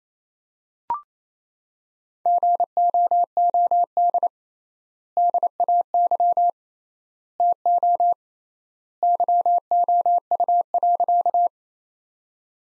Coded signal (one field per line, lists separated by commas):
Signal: Morse code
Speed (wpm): 28 wpm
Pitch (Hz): 700 Hz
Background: none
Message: GOOD DAY TO YOU.